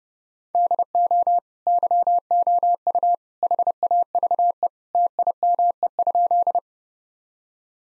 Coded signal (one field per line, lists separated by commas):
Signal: Morse code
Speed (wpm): 30 wpm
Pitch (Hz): 700 Hz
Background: none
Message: DO YOU HAVE TIME?